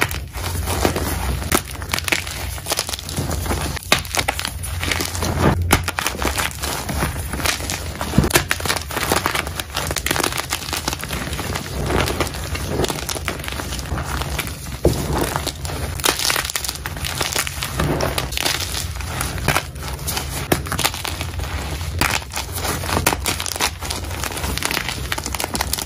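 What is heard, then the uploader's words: Gym chalk is crushed and kneaded in a steady run of dry crunching and crinkling, dense and gritty with no real pauses. Sharper crackles and squeezes stand out every second or so, and a low hum sits underneath throughout. This is an edit compilation of India the asmr chef's amazing gym chalk crushes.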